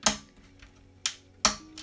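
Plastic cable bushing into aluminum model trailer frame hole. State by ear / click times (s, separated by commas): seated / 1.4 s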